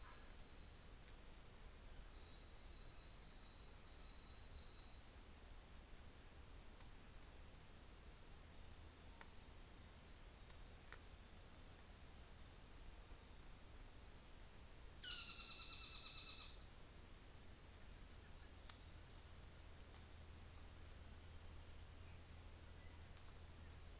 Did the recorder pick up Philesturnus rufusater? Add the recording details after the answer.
yes. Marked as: faintness 1/5. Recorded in New Zealand on 24 December 2018. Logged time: 14:45